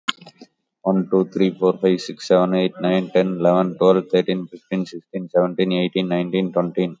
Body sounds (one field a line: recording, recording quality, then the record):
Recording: counting at a fast pace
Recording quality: excellent, no background noise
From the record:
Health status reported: COVID-19 positive, moderate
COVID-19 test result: positive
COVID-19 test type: RT-PCR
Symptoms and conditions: cough, cold, sore throat, fever, muscle pain, loss of smell and taste, diarrhoea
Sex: male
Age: 37 years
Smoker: no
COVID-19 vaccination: one dose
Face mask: worn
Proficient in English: yes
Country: India